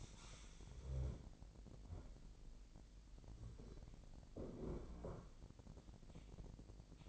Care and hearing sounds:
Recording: daily activity, microphone in the room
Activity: stand up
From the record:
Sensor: 5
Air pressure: 1001.6 hPa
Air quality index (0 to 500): 248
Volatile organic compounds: 31 ppm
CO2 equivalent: 2975 ppm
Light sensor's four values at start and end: 47/111/45/47 and 47/110/45/47

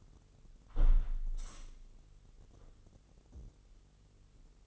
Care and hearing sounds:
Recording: daily activity, microphone in the room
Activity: close window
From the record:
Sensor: 4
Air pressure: 996.5 hPa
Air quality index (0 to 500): 83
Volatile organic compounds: 4 ppm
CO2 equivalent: 1589 ppm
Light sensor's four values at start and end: 21/55/22/23 and 20/53/20/22

